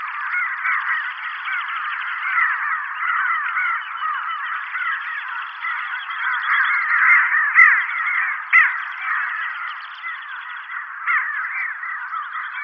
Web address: Schulze Peter Pin-tailed Sandgrouse